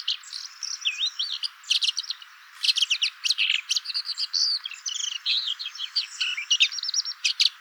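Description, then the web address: Red-backed shrike uttering a jumble of harsh clicks, buzzy chatters and thin upslurred whistles, delivered in quick irregular bursts throughout. "lanius collurio call"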